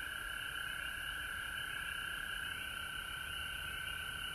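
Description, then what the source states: Frog chorus with a continuous high-pitched ringing tone and rapid pulsed trills running without pause, a faint low rumble beneath. Recorded at home in Georgia on March 19, 2020.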